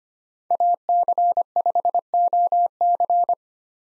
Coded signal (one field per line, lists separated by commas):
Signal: Morse code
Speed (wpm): 25 wpm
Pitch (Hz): 700 Hz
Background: none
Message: AC5OC